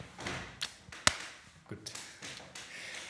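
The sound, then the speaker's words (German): Wooden chairs creak and knock in a handful of short, irregular bursts, with one sharp, loud crack standing out among fainter scraping ticks and dull thuds. “Boah, selbst die Stühle, hörst du die Stühle? Selbst die sind, letzte Woche haben wir noch Stühle, die nicht geknarzt haben.”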